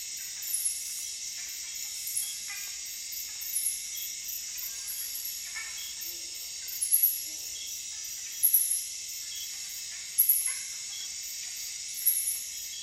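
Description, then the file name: Cicada song: an even, high shrill drone throughout, with several short bright chirps at irregular intervals above it. Recorded at night. "Tree frogs and cicadas night"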